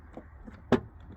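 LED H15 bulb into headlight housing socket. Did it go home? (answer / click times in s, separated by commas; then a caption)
yes / 0.7 s. An H15 LED bulb is pushed and twisted into the plastic headlight housing of a Golf MK6 until it locks. Faint low rustling leads up to a single sharp, bright click at 0.7 s, after which the bulb is seated in place.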